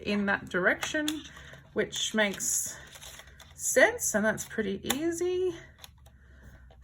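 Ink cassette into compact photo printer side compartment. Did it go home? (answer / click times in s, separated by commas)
yes / 5.8 s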